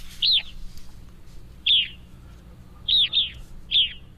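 Evening Grosbeak calls: five clear, slurred, downward-bending notes, spaced irregularly, two of them given close together near the end.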